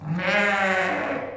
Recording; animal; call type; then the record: contact call of a hoofed animal; sheep; low-frequency (closed-mouth) or high-frequency (open-mouth) call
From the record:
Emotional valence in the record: negative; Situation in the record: short social isolation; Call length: 1.37 s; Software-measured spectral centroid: 1920 Hz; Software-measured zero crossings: 2200 a second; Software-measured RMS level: -24 dBFS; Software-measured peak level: -8 dBFS